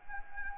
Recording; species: mosquito wingbeat signal from an infrared sensor; Anopheles gambiae